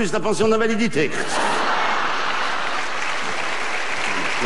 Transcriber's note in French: rires